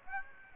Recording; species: mosquito wingbeat signal from an infrared sensor; Aedes aegypti